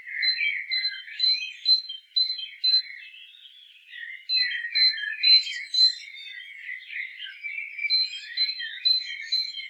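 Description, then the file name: Great tit giving short, repeated high notes in quick runs, with a busy lower twittering underneath through most. "Parus major"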